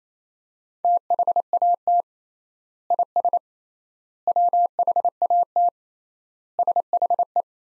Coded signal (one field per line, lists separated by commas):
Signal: Morse code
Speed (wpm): 28 wpm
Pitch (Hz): 700 Hz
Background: none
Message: THAT IS WHAT SHE